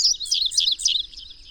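Bird song, a rapid tumbling run of high twittering, warbled notes that fades toward the end.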